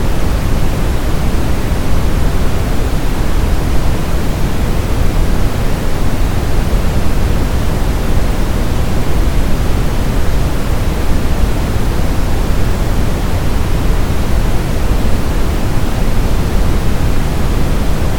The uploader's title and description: Brown Noise Sound. Brown noise is a much deeper, fuller version of the popular white noise.